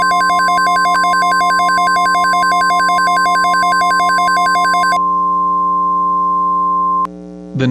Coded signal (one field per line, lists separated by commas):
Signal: Emergency Alert System (SAME) tones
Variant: 1050 Hz attention tone